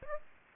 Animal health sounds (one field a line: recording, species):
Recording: mosquito wingbeat signal from an infrared sensor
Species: Aedes aegypti